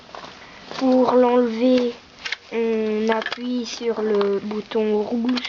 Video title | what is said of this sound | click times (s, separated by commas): Nikko Vaporizr | pour la mettre à charger il faut la mettre comme ça ça doit faire clic | 0.2 s